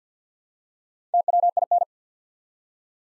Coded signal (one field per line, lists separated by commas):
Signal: Morse code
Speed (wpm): 50 wpm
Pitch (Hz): 700 Hz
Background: none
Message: TWIN